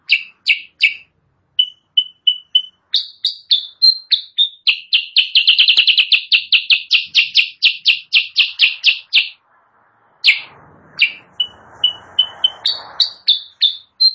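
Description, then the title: Sooty-headed bulbul uttering scattered chirps that build into a fast, rattling run of notes, then a short gap and more spaced calls over a faint rustle. Training song (masteran) for caged birds, used as a lure (pikat); singing vigorously (gacor). "Masteran Kutilang Sutra. suara pikat kutilang sutra kutilang sutra gacor"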